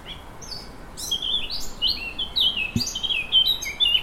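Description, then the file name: Eurasian blackcap song, a fast varied warble of whistled and chattering notes running almost continuously throughout. "Sylvia atricapilla"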